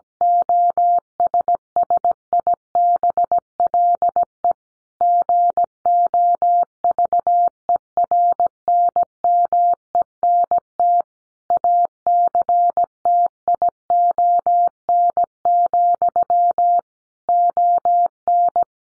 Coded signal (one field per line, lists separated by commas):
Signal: Morse code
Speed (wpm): 17 wpm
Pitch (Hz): 700 Hz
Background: none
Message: OSSIBLE GOVERNMENT ACTION, ON